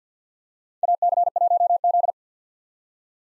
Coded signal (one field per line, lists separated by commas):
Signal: Morse code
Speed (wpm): 50 wpm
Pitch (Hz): 700 Hz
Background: none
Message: AC1Z